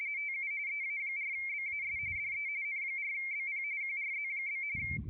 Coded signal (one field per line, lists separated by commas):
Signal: RTTY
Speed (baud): 45.45 baud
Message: TU EA4BAS DE N4BP QRZ?